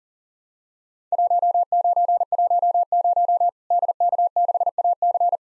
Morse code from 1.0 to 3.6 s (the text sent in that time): 1910